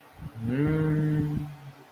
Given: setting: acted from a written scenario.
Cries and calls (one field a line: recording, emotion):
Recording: vocal sound without words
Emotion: desire